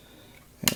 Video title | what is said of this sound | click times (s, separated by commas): Transformers Titans Return Choas on Velocitron Box Set Review | come all the way in until it snaps into place. | 0.7 s